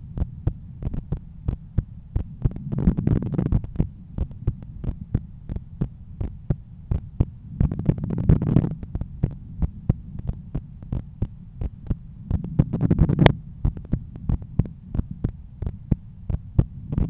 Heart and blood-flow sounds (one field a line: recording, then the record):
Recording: heart sounds by stethoscope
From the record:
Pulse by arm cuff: 92 bpm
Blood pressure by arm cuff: 135/85 mmHg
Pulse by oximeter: 93 bpm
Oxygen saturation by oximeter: 94%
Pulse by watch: 91 bpm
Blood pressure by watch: 125/81 mmHg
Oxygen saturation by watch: 97%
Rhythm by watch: sinus rhythm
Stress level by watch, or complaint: low stress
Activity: after 5 min smoking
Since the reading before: 1h sleeping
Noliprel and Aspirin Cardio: after pills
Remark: SpO2 switched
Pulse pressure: 50 mmHg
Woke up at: 7:20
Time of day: 12:28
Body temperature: 35.8 C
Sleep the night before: 8 h 11 min, score 61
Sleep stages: REM 22%, light 68%, deep 3%, awake 7%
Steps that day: 9500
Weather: sunny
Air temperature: 25.5 C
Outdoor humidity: 54%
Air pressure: 1016 hPa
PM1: 7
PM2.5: 11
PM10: 12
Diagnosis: hypertension, treated with Noliprel and Aspirin Cardio 100 mg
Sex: male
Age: 53 years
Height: 174 cm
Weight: 81 kg